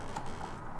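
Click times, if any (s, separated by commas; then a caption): none. A plastic taillight wiring connector, keyed to fit only one way, is handled near the vehicle harness connector inside the trunk of a Tesla Model 3 during a new taillight installation. Only a steady, low handling rustle is heard, with no sharp hits. Nothing has seated or clicked yet.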